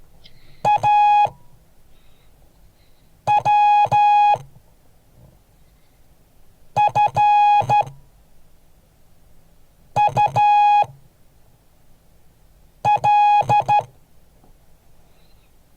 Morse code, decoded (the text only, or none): AWFUL